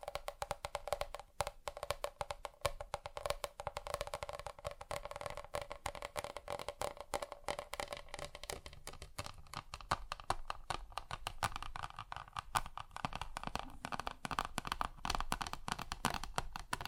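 Fingers tap on different surfaces in a fast, dense, uneven patter with no talking. The taps are crisp clicks over a steady low hum, and after about eight seconds they thicken and grow brighter, with a few sharper knocks near twelve seconds.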